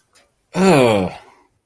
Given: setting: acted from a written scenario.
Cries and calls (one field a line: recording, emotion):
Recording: vocal sound without words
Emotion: disgust